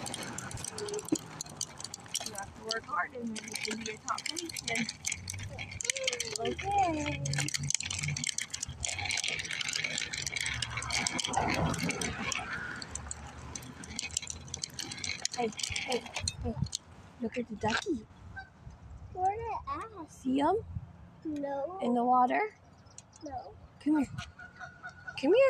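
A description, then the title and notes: A bike rattles and clatters over pavement for about sixteen seconds with traffic passing, then it quiets and voices talk near the end. I took my son to ride his bike. Listen to cars driving by, a bike against the pavement and talking.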